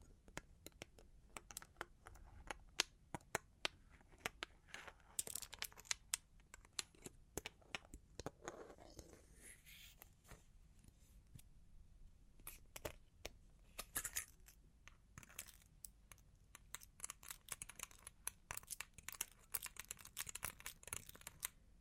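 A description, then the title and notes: Long claws tap and scratch in quick, irregular bursts, sharp clicks scattered densely throughout with brief gaps. Brighter scraping passages come around five to six seconds and again near fourteen, with a soft low rumble running underneath. Long Claws Tapping and Scratching (No Talking).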